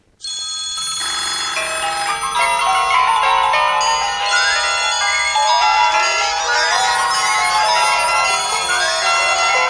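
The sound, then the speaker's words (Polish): Several telephones ring at once as a whole newsroom calls one person from different phones, their bright, high-pitched electronic tones overlapping into a dense, continuous chorus of trilling and rising melodic ringtones, loud and steady with no talking. “I teraz jest dowód na to, to będzie dowód na to, że cała redakcja z różnych telefonów próbowała się do niego dodzwonić.”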